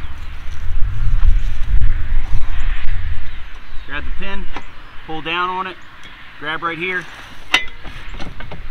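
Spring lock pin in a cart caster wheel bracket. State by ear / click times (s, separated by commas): seated / 7.5 s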